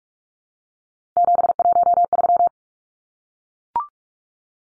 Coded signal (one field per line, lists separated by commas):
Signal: Morse code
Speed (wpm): 44 wpm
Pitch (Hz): 700 Hz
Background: none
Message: 713